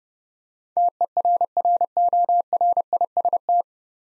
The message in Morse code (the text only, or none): TERRORIST